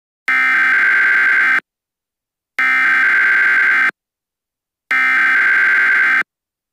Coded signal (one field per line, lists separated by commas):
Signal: Emergency Alert System (SAME) tones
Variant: header bursts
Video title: EAS Scenario:They Inside